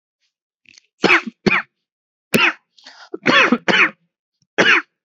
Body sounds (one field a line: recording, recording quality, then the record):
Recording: heavy voluntary cough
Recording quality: excellent, no background noise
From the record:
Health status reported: COVID-19 positive, mild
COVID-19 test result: positive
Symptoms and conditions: cough, sore throat, loss of smell and taste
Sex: male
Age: 32 years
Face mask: not worn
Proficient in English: yes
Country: India